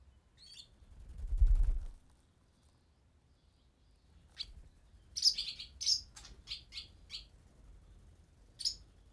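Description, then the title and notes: Swallow chicks calling with a burst of quick, high chirps after a loud low thump and rustle, then a final squeak. "BB HIRONDELLES CAVE, 39800 Chaussenans, France - BÉBÉ HIRONDELLES NID DANS LA CAVE. NID D'HIRONDELLES DANS LA CAVE EN PROXIMITÉ. Les Bébé bougent dans leur nid et leur parents viennent les nourrir"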